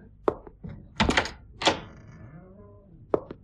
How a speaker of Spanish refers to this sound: Mimi empujó la puerta sin llamar.